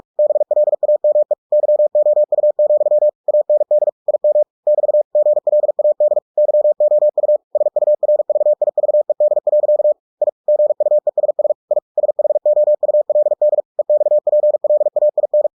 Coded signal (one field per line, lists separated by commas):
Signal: Morse code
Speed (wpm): 46 wpm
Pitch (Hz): 600 Hz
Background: none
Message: BLAME YOU, AND IM <BT> GLAD YOU SURVIVED. I GUESS I SHOULD EXPLAIN